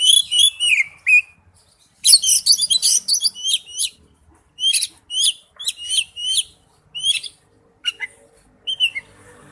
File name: Tieng chich choe than